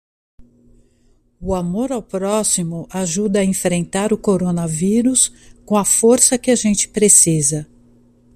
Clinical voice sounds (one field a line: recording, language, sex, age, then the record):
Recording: spoken sentence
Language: Brazilian Portuguese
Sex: female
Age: 50 to 59 years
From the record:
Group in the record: control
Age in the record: 57 years